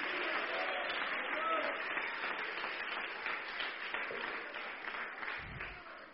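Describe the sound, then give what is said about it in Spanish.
A church audience claps for Christ continuously in a dense, steady roar of applause, with voices mixed in beneath the clapping throughout. “Denle palmas a Cristo más fuerte.”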